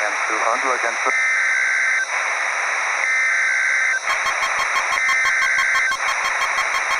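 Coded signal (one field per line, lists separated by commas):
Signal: Emergency Alert System (SAME) tones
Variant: header bursts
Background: speech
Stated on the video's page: Mock law enforcement warning recreated with eas.tools macros, not a real alert.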